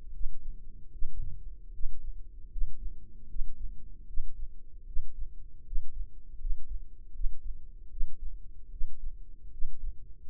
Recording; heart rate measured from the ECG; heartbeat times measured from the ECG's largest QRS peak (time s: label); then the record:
heart sounds by microphone in the left ear; 77 bpm
0.11 s: heartbeat
0.90 s: heartbeat
1.71 s: heartbeat
2.49 s: heartbeat
3.27 s: heartbeat
4.05 s: heartbeat
4.84 s: heartbeat
5.63 s: heartbeat
6.37 s: heartbeat
7.12 s: heartbeat
7.88 s: heartbeat
8.69 s: heartbeat
9.50 s: heartbeat
10.26 s: heartbeat
From the record:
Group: healthy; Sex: male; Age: 21 years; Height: 180 cm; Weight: 67.5 kg